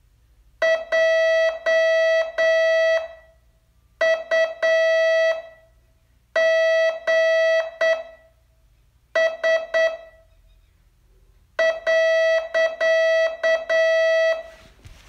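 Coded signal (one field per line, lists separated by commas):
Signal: Morse code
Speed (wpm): 8 wpm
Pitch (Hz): 650 Hz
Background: none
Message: JUGS .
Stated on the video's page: Morse code lesson test, day 32 of a 42-day course.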